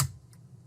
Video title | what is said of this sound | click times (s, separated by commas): Unit 7 - Install SODIMM. | and there they are they're locked in | 0.0 s